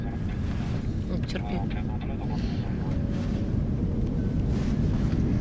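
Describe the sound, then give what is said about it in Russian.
A steady, loud airplane engine drone fills the cabin with a constant low roar and hiss, unchanging in level, while faint muffled voices come and go beneath it, as the plane climbs to altitude after takeoff at night. “Сегодня сейчас самолет наберет высоту.”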